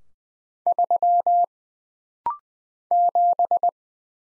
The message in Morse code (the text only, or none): 3 7